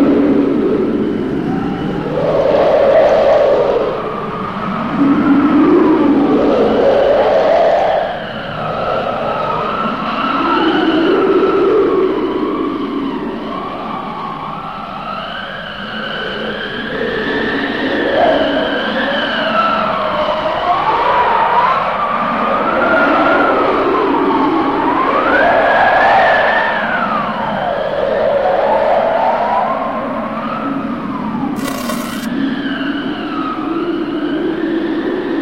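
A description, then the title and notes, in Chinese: Wind on a mountaintop howls without a break, its whistling tones sliding up and down in slow, siren-like swoops over a low, steady rumble. The gusts ease slightly around the middle, then build again. A short sharp crackle cuts in near the thirty-second mark. 山顶的风声。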